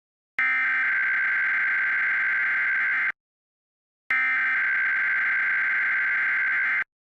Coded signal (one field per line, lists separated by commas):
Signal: Emergency Alert System (SAME) tones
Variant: header bursts